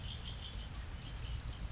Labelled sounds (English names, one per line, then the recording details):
Red-winged Blackbird
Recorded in Sonoma County, California